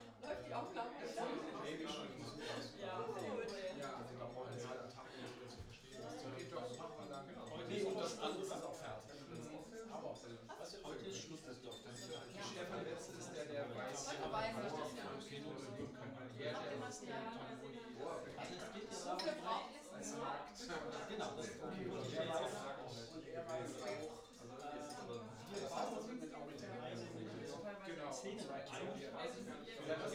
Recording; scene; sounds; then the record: everyday scene through a hearing-aid microphone; many people talking; many voices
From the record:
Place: bistro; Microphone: in the ear canal, right